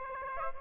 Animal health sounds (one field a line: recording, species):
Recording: mosquito wingbeat signal from an infrared sensor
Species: Aedes aegypti